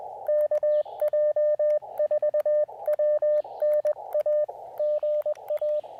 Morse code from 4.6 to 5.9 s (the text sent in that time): GA